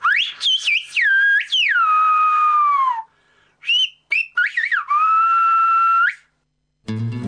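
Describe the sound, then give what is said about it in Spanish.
A human whistled phrase in Silbo Gomero, the whistled language, whistling the radio station name Haitiden Radio in two long sweeping bursts, pitch gliding up and down between high trills and sustained falling tones, ending abruptly with a brief low noise. “Permítanme compartirla con ustedes, con ese regalo que los maestros gomeros me hicieron. Vamos a decirlo silbado.”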